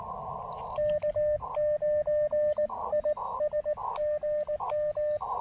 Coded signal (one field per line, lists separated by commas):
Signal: Morse code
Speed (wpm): 18 wpm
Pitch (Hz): 590 Hz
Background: radio noise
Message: K9IS GM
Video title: POTA Activation with the Elecraft KX2 and a Stolen Antenna! (Plus, bonus canine guests!)